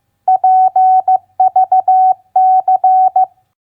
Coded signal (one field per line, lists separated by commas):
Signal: Morse code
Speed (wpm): 15 wpm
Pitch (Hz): 750 Hz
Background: none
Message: PVC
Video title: Morse Code Practice Word Recognition WR8a BUY-CUT-PVC 15wpm